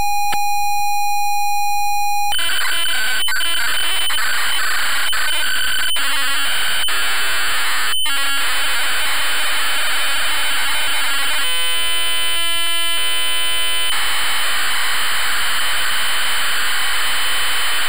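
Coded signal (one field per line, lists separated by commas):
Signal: ZX Spectrum tape loading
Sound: two seconds of steady pilot tone, then harsh buzzing data screech with shifting bands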